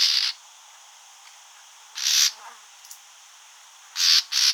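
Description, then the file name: Common nightingale giving harsh, rasping bursts, one at the start, one near two seconds and a double rasp at the end, with quiet pauses between. "Luscinia megarhynchos"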